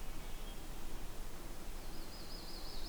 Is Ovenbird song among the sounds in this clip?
no